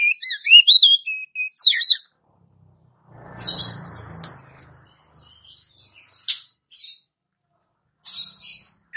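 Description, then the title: Oriental magpie-robin delivering a short string of clear, looping whistles, then quieter, with a brief rustle and scattered chips. "Kacer"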